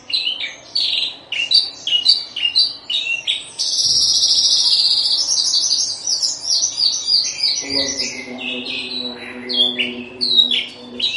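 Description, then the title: Horsfield's bush lark song, long varied chirping and twittering phrases with a sustained high buzzy trill in the middle and a low drone later. Recorded in Situbondo, East Java, Indonesia. "Branjangan Javanica Ktp Situbondo Jatim"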